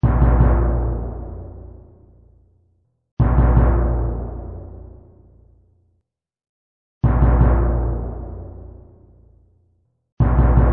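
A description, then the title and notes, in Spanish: Deep, dramatic drum hits boom out one at a time, each ringing and slowly dying away over about two and a half seconds before silence. Strikes land at roughly 0, 3, 7 and 10 seconds, heavy in the low end with a brief bright attack. Sonido dramático (tambor).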